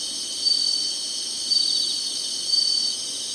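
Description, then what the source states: Insects produce a high continuous drone broken by three louder pulsed bursts about one second apart. Singing, in summer.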